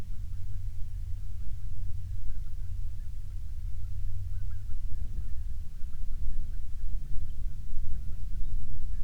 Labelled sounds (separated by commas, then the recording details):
waterfowl, wind
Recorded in the Prudhoe Bay oil fields, Alaska, on 21 June 2019 at 09:41
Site 22